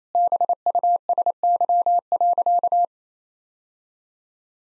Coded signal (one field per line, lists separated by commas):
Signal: Morse code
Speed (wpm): 28 wpm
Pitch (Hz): 700 Hz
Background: none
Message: BUSY.